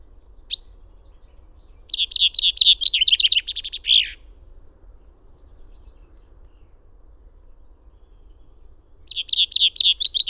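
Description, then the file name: Common chaffinch: a single sharp note, then a cascading trill with a terminal flourish; after a pause of about five seconds, another trill begins. "Fringilla coelebs"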